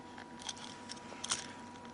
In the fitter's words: and then push that down until it clicks into place